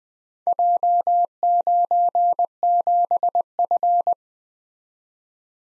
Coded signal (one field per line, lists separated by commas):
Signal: Morse code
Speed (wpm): 20 wpm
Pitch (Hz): 700 Hz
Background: none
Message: J97F